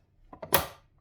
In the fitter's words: that. Hear that click? Now that click's important.